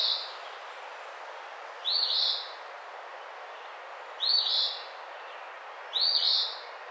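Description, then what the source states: Eastern phoebe singing its buzzy, scratchy two-part phrase repeatedly, roughly every two seconds, over a constant soft hiss. Recorded 28 April 2009.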